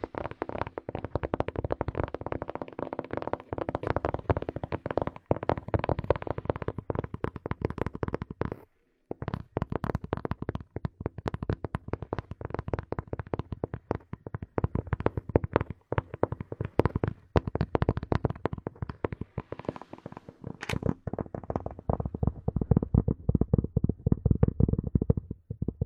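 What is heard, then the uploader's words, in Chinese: Rapid, dense tapping and knocking continues for nearly the whole stretch, the hits falling fast and somewhat irregular with a solid low thud under each. A brief silent gap breaks it just before nine seconds, then the tapping resumes just as busily to the end. 舒缓解压的敲击音。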